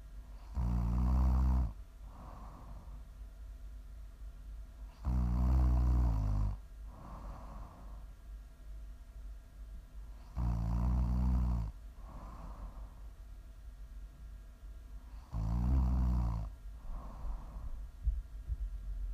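Prime ASMR snoring from an adult sleeper: loud, low-pitched snores at about 12 a minute, each followed by a softer breath out, meant for listening to sleep, relax or wind down.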